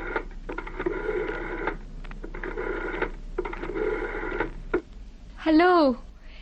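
A telephone is dialed: three steady buzzing, tone-like bursts separated by short pauses, then a louder, brief warbling tone that swoops up and down at the end.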